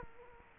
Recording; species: mosquito wingbeat signal from an infrared sensor; Culex quinquefasciatus